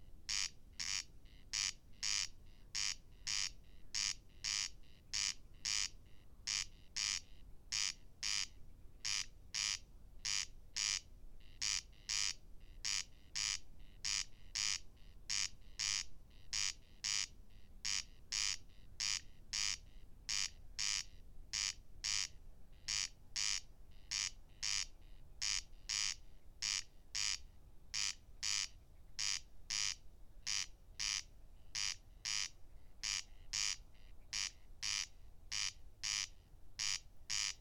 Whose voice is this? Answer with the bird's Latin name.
Crex crex